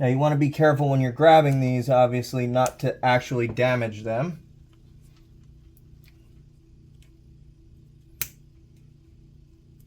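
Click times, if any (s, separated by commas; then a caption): 8.2 s. Someone talks for about four seconds, then a crimped metal pin terminal, gripped with needle nose pliers, is pushed into the rear of a plastic waterproof Deutsch connector housing from a Jr Ready Deutsch connector kit. After a quiet stretch with faint ticks, a single sharp click at 8.2 s marks the terminal locking into the housing, seated.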